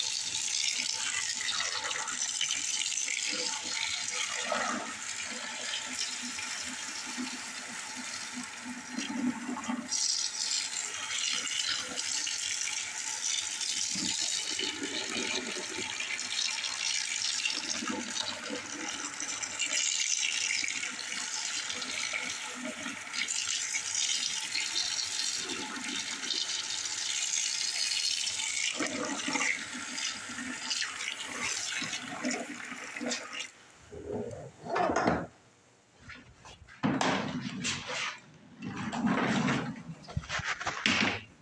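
Spraying, wiping, and vacuuming: a steady, dense hiss fills most of the clip, with a thin whine held underneath and soft rubbing pulses coming every few seconds. After about 34 seconds the hiss cuts out into short, uneven bursts with brief quiet gaps.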